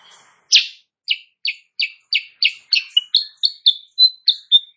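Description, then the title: Sooty-headed bulbul song: one loud opening chirp, then evenly spaced downslurred notes that quicken slightly before turning into clearer, higher whistled notes. Energetic morning song used as a masteran recording for training other songbirds; described as gacor and as provoking rival birds to answer. "Masteran Kutilang Sutra. Kutilang Sutra GACOR pagi hari bikin lawannya AUTO NYAUT"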